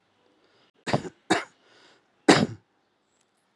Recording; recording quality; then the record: shallow voluntary cough; excellent, no background noise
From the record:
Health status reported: healthy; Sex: male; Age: 57 years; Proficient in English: yes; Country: India